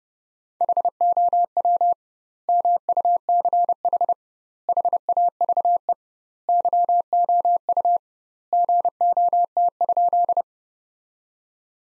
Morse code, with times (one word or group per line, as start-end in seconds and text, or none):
0.6-1.9 HOW
2.5-4.1 MUCH
4.7-5.9 HAVE
6.5-8.0 YOU
8.5-10.4 GOT?